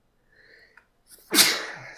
That was a long wind-up. How long it took for that sneeze to happen.